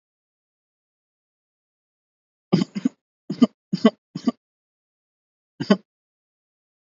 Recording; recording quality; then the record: heavy voluntary cough; excellent, no background noise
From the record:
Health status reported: healthy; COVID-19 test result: negative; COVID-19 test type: rapid antigen test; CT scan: not taken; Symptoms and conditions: cough, fatigue, diarrhoea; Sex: male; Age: 25 years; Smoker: no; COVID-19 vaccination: both doses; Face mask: worn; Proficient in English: yes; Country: India